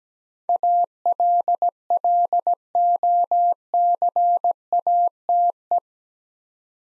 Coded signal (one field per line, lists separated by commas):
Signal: Morse code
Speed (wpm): 17 wpm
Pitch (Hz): 700 Hz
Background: none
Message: ALLOCATE